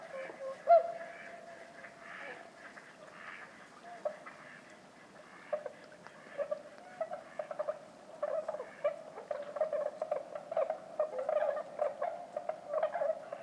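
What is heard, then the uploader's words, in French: Bewick's swans call from their roost, a dense mass of overlapping mid-pitched honks and yelps that swells and grows busier in the second half. A sharper call stands out near the start, and a soft steady murmur from the flock runs underneath throughout. Rumeurs nocturnes de l'hiver - Lac du DER. Couple mkh20 - nagra seven. Cris et appels des Cygnes de Bewick (Cygnus bewicki) sur leur lieu de dortoir. Il est plus de deux heures du matin et le silence règne sur la campagne champenoise.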